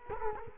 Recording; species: mosquito wingbeat signal from an infrared sensor; Culex quinquefasciatus